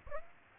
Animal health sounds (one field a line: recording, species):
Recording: mosquito wingbeat signal from an infrared sensor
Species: Aedes aegypti